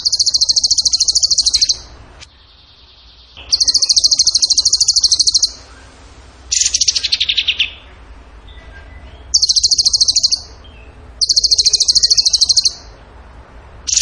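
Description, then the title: Bird song: long series of intense, rapid, high rattling trills delivered in bursts of one to two seconds with short breaks. Training recording (masteran) of a bird singing in the gacor tembakan style. "Masteran Burung Tembakan Gacor"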